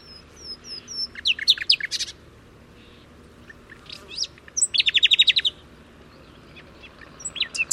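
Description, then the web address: Bird song of high, sharp chirps and slurred whistles, with a fast buzzy trill in the middle and scattered notes before and after. "Deverinetal 2025 File origin Bird Only"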